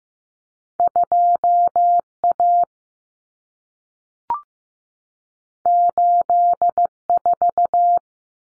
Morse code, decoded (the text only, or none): 2A 84